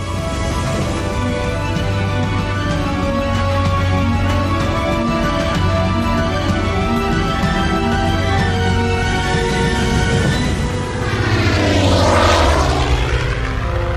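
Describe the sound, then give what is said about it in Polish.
A Taube propeller airplane engine drones steadily with a loud, buzzing harmonic hum, then swells and sweeps in pitch as the plane passes overhead near the end. No one speaks. “To jeszcze przypomnijmy ciekawostki związane z samym samolotem, z samą maszyną, bo to jest interesujące.”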